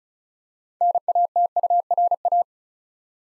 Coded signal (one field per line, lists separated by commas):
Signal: Morse code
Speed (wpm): 36 wpm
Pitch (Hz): 700 Hz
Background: none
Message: NATURA